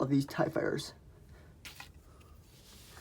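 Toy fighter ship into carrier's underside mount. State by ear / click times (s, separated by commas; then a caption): seated / 1.8 s. A plastic brick-built TIE fighter from the LEGO Star Wars Imperial Assault Carrier set 75106 is pushed onto the underside of the brick-built carrier, where a hole on its top engages rubber-gripped Technic pins. Someone talks at the start, then a single short hit is heard at 1.8 s as the fighter locks into place.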